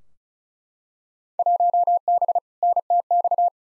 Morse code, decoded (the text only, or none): 1B NTX